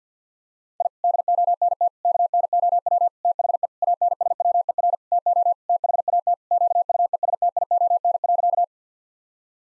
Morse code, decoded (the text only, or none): I DONT KNOW THE ANSWER TO THAT QUESTION.